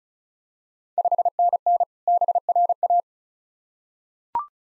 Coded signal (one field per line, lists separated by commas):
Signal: Morse code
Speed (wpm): 34 wpm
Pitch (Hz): 700 Hz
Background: none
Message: 5NN BRA